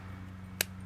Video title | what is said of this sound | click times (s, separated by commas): DIY Bluetooth Cassette Project | but it actually clicks into place cuz uh I got the sizing just right | 0.6 s